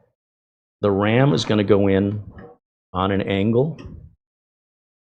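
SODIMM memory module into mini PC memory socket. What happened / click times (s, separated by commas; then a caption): Memory module positioned at an angle, not yet seated / none. Someone talks while a laptop-style DDR5 SODIMM memory module is held at an angle over the second memory socket of an Aoostar GODZ mini PC with an AMD Ryzen 7 7435HS and lined up with the notch before being pressed down. Nothing has seated or clicked yet; the click comes later, when the retention levers catch.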